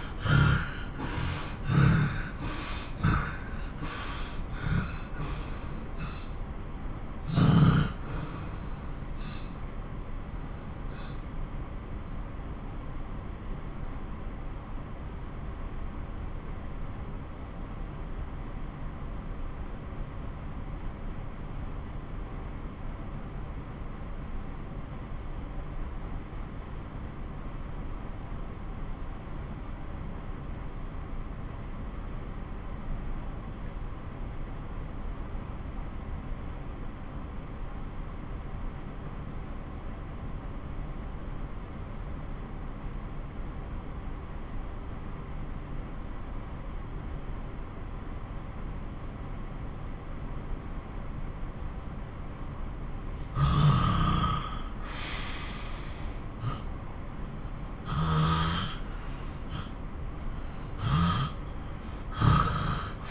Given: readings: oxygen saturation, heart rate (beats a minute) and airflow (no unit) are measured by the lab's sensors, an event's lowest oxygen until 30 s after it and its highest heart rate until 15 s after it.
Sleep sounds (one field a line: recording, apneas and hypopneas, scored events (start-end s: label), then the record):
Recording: breathing in sleep by a smartphone at the bedside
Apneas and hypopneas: 1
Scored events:
10.00-51.70 s: obstructive apnea (N1, oxygen 95% highest, then 89% lowest)
21.00-51.00 s: new sleep stage, N2 (light sleep)
51.00-63.11 s: new sleep stage, N1 (lightest sleep)
From the record:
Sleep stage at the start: N1 (lightest sleep)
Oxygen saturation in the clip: 86 to 95%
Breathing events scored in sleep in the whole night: 217 in 6.3 hours asleep